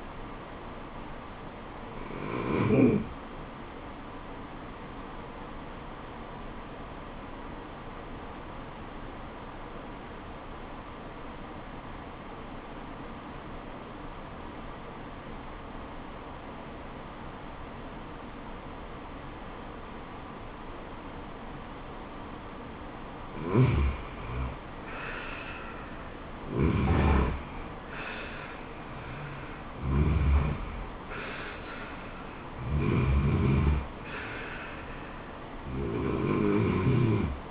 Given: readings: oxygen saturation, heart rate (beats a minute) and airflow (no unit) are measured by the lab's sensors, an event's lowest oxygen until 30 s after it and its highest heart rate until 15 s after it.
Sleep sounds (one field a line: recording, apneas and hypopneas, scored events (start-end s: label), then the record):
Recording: breathing in sleep by a voice recorder at the bedside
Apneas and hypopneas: 1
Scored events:
7.00-27.20 s: obstructive apnea (N2, oxygen 96% highest, then 86% lowest, heart rate 74 at the start, 78 highest)
From the record:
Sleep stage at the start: N2 (light sleep)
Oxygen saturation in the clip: 91 to 96%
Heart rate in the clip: 68 to 77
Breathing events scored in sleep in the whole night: 426 in 7.4 hours asleep